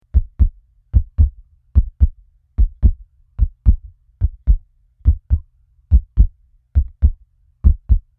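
Steady paired low thumps, a clear lub-dub, repeat evenly at about 72 beats a minute with quiet gaps between beats. This is a regular heartbeat with two distinct heart sounds per cycle and no added noise.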